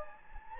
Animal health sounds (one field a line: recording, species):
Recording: mosquito wingbeat signal from an infrared sensor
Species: Anopheles gambiae